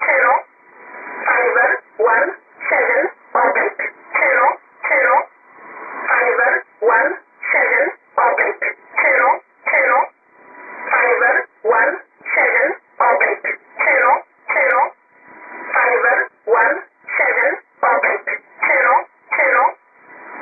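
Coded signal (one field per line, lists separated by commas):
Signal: numbers station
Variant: E11 Oblique, English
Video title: 18 01 2018 E11 Oblique Numbers station in English to Eu 0645 on 7840 unknown tx site in USB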